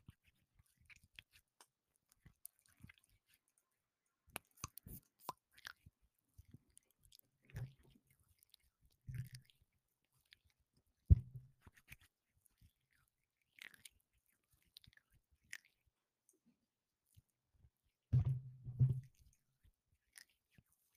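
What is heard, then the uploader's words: Chewing sounds from gum, candy and similar treats, with sparse sharp clicks, pops and crackles scattered across the clip. Short wet, low mouth bursts come every couple of seconds, strongest near 11 seconds and in a longer chewing run around 18 to 19 seconds. Food, Gum, Water, Candy, and Pop Rocks.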